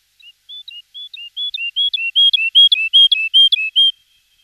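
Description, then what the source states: Woodlark song with clear whistled notes alternating between two pitches, accelerating and getting louder before stopping abruptly. Song recorded in a local recreation area.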